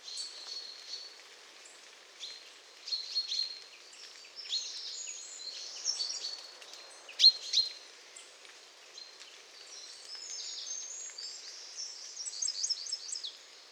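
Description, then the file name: Eurasian wren gives scattered short phrases of high, thin notes and brief trills, fairly soft, separated by gaps of quiet background hiss. "Troglodytes troglodytes"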